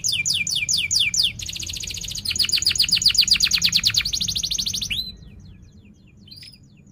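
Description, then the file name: Canary song of quick sliding whistles turning into a dense fast trill that ends after about five seconds, leaving only soft faint notes. Canary singing persistently (gacor) with 'cuit cuit' chirps and sharp rolling trills ('ngerol tajam'). "Suara Kenari Gacor Cuit Cuit Ngerol Tajam"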